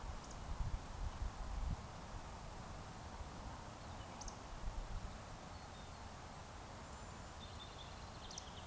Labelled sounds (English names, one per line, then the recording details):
Eurasian Woodcock whistle
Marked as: whistle, whistle, whistle
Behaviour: display flight
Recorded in Baden-Württemberg, Germany, on 3 June 2021 at 20:00 UTC
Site 45499, 200 m above sea level